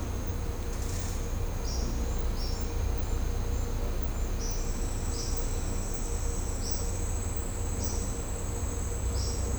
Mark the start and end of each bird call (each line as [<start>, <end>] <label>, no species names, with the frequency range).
[1.62, 1.93] bird call (4.4-6.5 kHz)
[2.35, 2.67] bird call (4.4-6.2 kHz)
[4.36, 4.48] bird call (4.5-6.6 kHz)
[5.12, 5.32] bird call (4.2-5.7 kHz)
[6.59, 6.78] bird call (4.4-6.7 kHz)
[7.78, 8.06] bird call (4.8-6.4 kHz)
[9.14, 9.34] bird call (4.1-6.4 kHz)